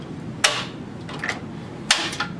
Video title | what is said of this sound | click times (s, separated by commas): Installing the Flex Cable Flange Mount Operator for Bulletin 140G Molded Case Circuit Breakers | breaker should click into the on and off positions | 0.4 s, 1.9 s